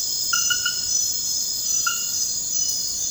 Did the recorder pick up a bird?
no